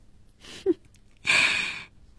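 Two heavy, breathy exhalations from someone who has just put down the person they carried on their back: a shorter airy breath with a brief voiced catch, then a longer, louder rushing pant that fades out, with no talking.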